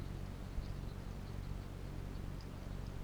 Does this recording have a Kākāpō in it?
no